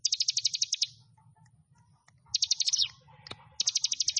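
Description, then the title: Prinia singing three quick, high trilled bursts separated by pauses, with faint soft notes, a sharp click and low background hum between them. "Ciblek Sawah"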